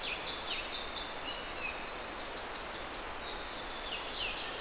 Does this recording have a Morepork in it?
no